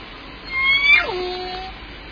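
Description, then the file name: Orca: killer whale call: a rising high harmonic that snaps into a steep descending sweep and settles on a long low note, over constant hiss. Recorded at Limekiln on 11 June 2014, late evening around 22:46. "2014 06 11 22 46 25 Orca limekiln"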